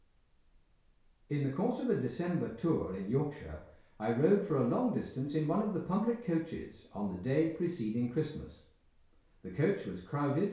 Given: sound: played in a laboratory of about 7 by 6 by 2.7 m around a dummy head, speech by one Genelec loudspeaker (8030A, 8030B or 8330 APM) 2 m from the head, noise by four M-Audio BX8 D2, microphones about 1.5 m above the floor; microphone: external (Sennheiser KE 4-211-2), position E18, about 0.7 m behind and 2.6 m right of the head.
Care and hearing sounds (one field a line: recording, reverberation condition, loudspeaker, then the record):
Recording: male speech in English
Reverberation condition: medium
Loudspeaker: 120 degrees to the right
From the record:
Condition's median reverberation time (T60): about 510 ms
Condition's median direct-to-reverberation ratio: about -0.5 dB